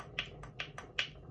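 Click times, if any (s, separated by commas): 0.0 s, 0.2 s, 0.4 s, 0.6 s, 0.8 s, 1.0 s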